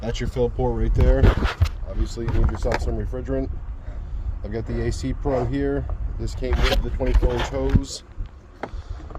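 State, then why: Seated. Someone talks, then the quick-disconnect coupler on an AC Pro refrigerant recharge can's 24-inch hose is snapped onto the metal low-pressure fill port of a 2005–2015 Nissan Xterra 4.0L's air-conditioning system. It clicks twice, at about 8.6 s and 9.2 s, and the coupler is seated on the port.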